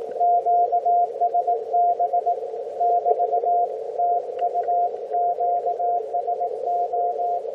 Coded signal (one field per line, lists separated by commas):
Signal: Morse code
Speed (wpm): 19 wpm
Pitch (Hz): 700 Hz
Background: none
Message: QSB <BT> TU QSO